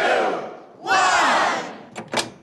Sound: soundbite of cheering

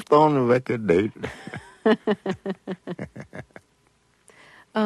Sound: soundbite of laughter

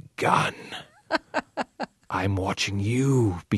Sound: soundbite of laughter

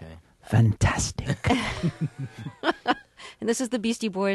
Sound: soundbite of laughter

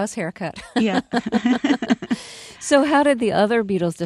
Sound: soundbite of laughter

